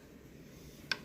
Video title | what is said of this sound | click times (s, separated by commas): Coleman Briggs and Stratton Generator quick flush & start | just going to push it in so the tabs are snapped into place on the left side and then tighten up the | 0.9 s